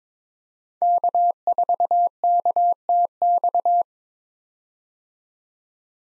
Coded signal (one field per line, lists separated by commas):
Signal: Morse code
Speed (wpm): 22 wpm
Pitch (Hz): 700 Hz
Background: none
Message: K4KTX